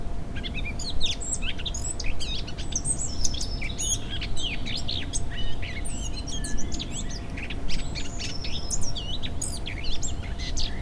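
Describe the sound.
Bird giving busy high chirps and trills, continuous throughout, over a steady hum and low rumbling noise.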